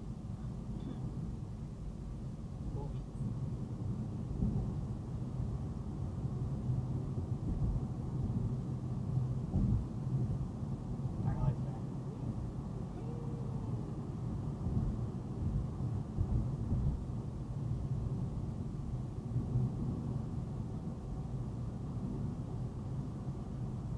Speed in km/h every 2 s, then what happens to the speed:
66, 68, 71, 72, 76, 77, 79, 79, 81, 81, 81, 82.
0-12 speeds up to 79. 12-24 steady at about 81.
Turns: none.